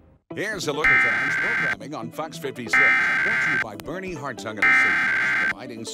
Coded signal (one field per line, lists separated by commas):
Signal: Emergency Alert System (SAME) tones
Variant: header bursts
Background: speech